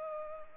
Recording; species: mosquito wingbeat signal from an infrared sensor; Culex pipiens